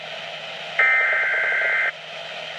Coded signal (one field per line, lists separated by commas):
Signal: Emergency Alert System (SAME) tones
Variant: header bursts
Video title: Weatheradio Canada - Rainfall Warning (EAS #112) 14/05/2014